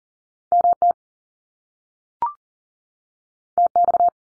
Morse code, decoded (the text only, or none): MT TX